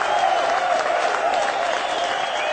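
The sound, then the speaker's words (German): Steady crowd applause played as a sound effect in a call-in show to accompany the host's remarks, dense and continuous hand clapping that stays at an even, fairly loud level throughout with no voices standing out. “Aber ich kann nur Sendung machen, in der ich irgendwie jede Äußerung von meiner Seite mit Beifall begleitet wird.”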